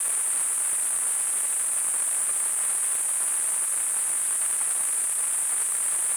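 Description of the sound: Simulated tinnitus: a steady, continuous high-pitched hiss centred around 9 kHz over a broad noise background, unchanging throughout.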